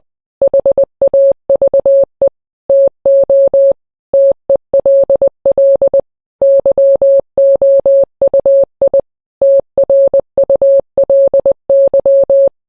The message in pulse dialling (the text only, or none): none